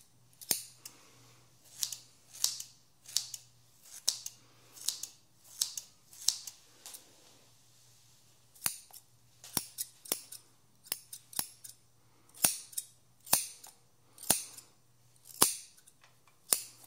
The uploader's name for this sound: Haircut Real Hair and No Talking